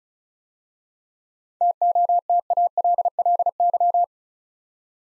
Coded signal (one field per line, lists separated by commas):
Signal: Morse code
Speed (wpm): 36 wpm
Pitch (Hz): 700 Hz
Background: none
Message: TOTALLY